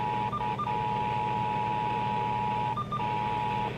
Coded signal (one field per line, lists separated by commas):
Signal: Emergency Alert System (SAME) tones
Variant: 853 and 960 Hz attention tone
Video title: West Virginia RMT on 8 stations (4/6/23) EAS 1670-1677